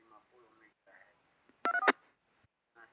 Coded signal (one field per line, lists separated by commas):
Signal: DTMF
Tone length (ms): 70 ms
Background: speech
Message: 234